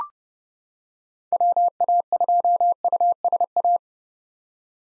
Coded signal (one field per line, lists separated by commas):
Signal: Morse code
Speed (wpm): 30 wpm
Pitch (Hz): 700 Hz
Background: none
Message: WA2USA